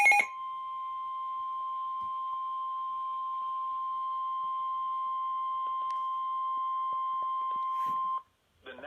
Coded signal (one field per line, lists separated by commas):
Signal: Emergency Alert System (SAME) tones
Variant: 1050 Hz attention tone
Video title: Slight Risk Fun | EAS Alerts 48-75